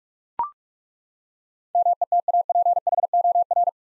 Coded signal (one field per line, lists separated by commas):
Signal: Morse code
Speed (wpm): 41 wpm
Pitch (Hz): 700 Hz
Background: none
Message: METAPHOR